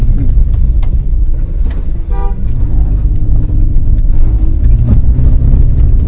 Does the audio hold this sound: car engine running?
yes